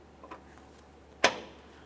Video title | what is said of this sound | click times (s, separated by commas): How to Replace Hood Lift Supports 2015-2019 Subaru Outback | After an audible click, | 1.2 s